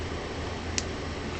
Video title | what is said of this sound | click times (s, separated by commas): MSIA RX-178 Gundam Mk II Review Aeug Version (Asian Release) | okay you hear that click and it's in | 0.8 s